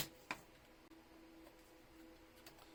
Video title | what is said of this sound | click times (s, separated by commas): Dell PowerEdge R710 Teardown w/ Step-by-Step Explanations - Great for Folks Looking to Learn! - P1 | That's all. Make sure it clicks | 0.3 s